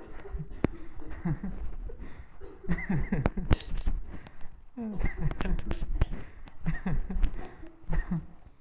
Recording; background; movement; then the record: laughter; a bystander coughing; walking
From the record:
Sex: male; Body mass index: 20.5 kg/m2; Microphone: on the chest, facing the body